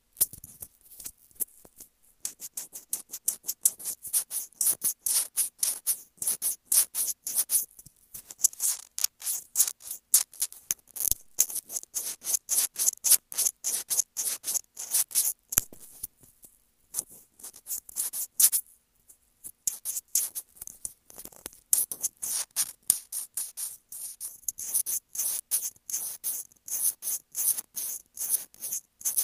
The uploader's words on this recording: ASMR Sensitive Mic Scratching.